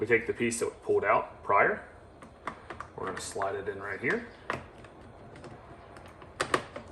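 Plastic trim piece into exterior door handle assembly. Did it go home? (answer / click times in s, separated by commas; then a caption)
no / none. Someone talks while a plastic trim piece, removed earlier, is slid into the exterior door handle housing on a Jeep Wrangler/Gladiator JL/JT door. Light plastic taps and handling knocks are heard between the speech. Nothing has seated or clicked into place yet.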